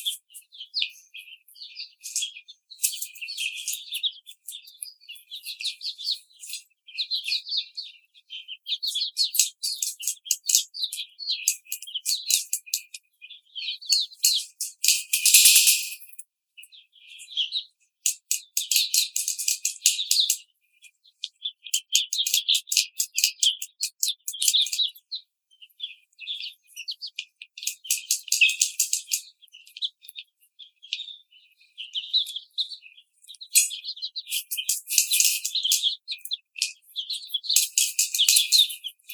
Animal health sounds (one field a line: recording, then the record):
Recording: young laying hens in a cage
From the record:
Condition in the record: treatment cage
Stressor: simulated dog barking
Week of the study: 5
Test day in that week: 1